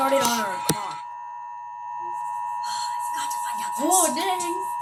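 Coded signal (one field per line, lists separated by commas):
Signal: Emergency Alert System (SAME) tones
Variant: 853 and 960 Hz attention tone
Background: speech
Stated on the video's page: Real Nationwide EAS Test interrupting a cartoon broadcast.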